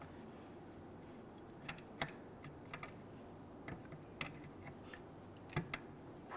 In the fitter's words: press that on you can feel it and hear it snap into place